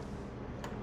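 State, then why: Seated. A metal clutch cable end is fitted by feel into the pocket of a new aftermarket clutch lever on a BMW S 1000 RR motorcycle, because the pocket can't be seen. Against a steady low background, a short, sharp tick sounds at 0.6 s as the cable end drops into place and seats in the lever.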